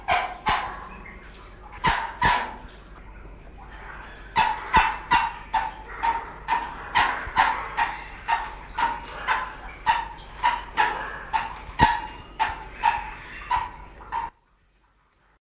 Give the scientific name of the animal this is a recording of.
Eudocimus ruber